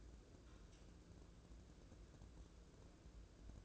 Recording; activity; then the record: daily activity, microphone in the room; take from stove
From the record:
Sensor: 2